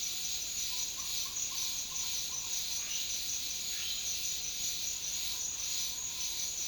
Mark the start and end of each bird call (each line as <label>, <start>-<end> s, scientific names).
Pionus menstruus, 2.77-4.03 s